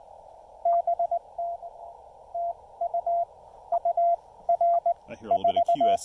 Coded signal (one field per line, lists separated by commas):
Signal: Morse code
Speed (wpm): 18 wpm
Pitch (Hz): 690 Hz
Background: speech, radio noise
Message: BT TU UR 4